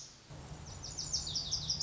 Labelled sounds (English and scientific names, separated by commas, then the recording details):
Lazuli Bunting (Passerina amoena)
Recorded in Sonoma County, California